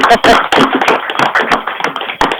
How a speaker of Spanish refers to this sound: aplauso, ¿eh? Le tiré aplauso.